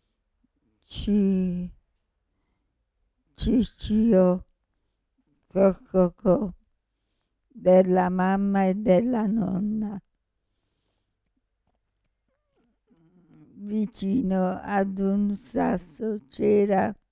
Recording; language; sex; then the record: read passage; Italian; female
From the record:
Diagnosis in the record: Parkinson's disease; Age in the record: 65 years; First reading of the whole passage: 242 s, 2.1 characters per second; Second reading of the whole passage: 180 s, 2.9 characters per second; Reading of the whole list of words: 168 s, 1.7 characters per second